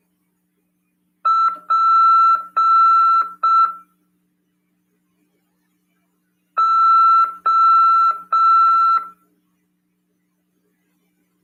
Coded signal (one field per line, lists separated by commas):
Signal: Morse code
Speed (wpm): 6 wpm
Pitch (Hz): 1340 Hz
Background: none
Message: PO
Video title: RADIOAMADOR 1ªEd. 2/2/2023 "AULA 12 CW, LEGIS e C.RODADA" FM 146.410 Mhz. PY2EXU PAULO SP/SP CRASP.